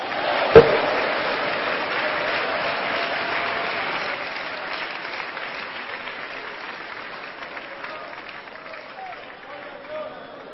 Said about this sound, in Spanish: Dele palmas a Cristo. Por ejemplo, dele palmas a Cristo de nuevo.